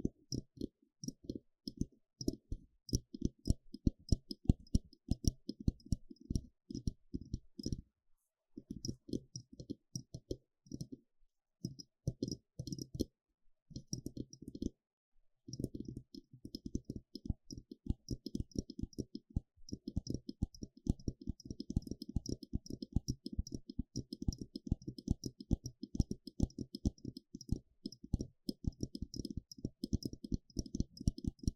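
Rapid scratching and tapping clicks run almost without a break, dense and uneven, with a dull low thump under each and a thin crisp hiss on top. Short pauses come near 8 seconds and around 13 to 15 seconds before the busy clicking resumes.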